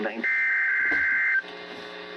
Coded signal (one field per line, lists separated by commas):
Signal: Emergency Alert System (SAME) tones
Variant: header bursts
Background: speech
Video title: JUST THE USUAL WEDNESDAY... EAS Tests from 1/18/23 (EAS #1,876 - 1,881)